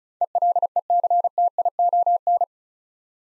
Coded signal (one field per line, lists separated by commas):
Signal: Morse code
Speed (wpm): 34 wpm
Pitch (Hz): 700 Hz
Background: none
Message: ELECTION